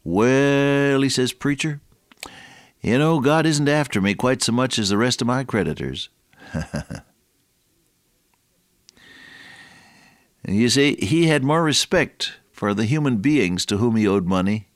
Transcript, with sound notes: “Well,” he says, “Preacher, you know God isn’t after me quite so much as the rest of my creditors.” [chuckle] And, you see, he had more respect for the human beings to whom he owed money